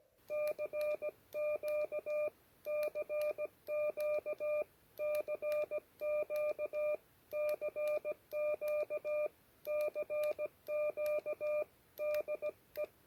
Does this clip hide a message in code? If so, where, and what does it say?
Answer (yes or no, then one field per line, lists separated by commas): yes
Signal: Morse code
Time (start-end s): 0.3-12.8 s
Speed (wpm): 16 wpm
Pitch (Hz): 1200 Hz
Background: none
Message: CQ CQ CQ CQ CQ DE